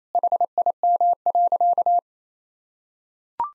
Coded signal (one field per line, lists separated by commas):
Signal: Morse code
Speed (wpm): 28 wpm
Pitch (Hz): 700 Hz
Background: none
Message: HIM.